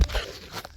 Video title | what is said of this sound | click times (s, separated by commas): 1998 – 2002 Corolla Starter Rebuild Repair | you will hear the seal snap back into place | 0.0 s